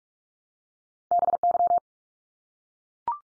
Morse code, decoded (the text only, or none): BY